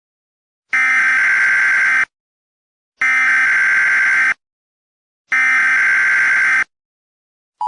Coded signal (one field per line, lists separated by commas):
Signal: Emergency Alert System (SAME) tones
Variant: header bursts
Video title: EAS TEST(DO NOT OLAY IN PUBLIC AS IT BRING MASS PANIC. THIS IS FOR ENTERTAINMENT PORPOISES ONLY.)